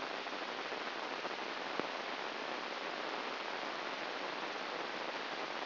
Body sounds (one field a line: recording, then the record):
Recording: brain microelectrode recording played as sound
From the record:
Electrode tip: inside the subthalamic nucleus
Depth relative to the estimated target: 1 mm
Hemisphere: left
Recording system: AlphaMap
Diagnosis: Parkinson's disease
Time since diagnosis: 15 years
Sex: female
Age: 68 years